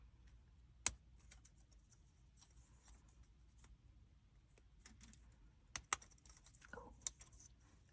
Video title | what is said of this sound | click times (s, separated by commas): Whispered rambling while I build Miraidon ASMR | Oh. I was worried that was going to be louder, but that was actually quite satisfying. Oh, a nice click. | 5.8 s